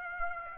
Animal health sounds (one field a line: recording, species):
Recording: mosquito wingbeat signal from an infrared sensor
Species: Aedes aegypti